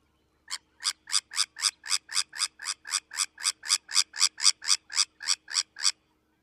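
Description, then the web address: Sabine's gull calling: a steady series of about twenty harsh, grating notes, repeated rapidly at roughly four per second, with no other sounds. "Zoo Field Guide. Sabine's Gull"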